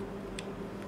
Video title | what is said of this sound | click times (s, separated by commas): Vendo Airsoft COLT 1911 MK IV Full Metal GBB CO2 + Manutenção - Legalizada BR | E encaixar aqui. Encaixou aqui, ele faz clique, soltou, ele já era, nunca mais sai. | 0.4 s